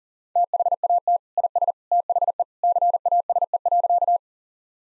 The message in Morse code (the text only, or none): THAT IS THE CASE.